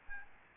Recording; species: mosquito wingbeat signal from an infrared sensor; Aedes albopictus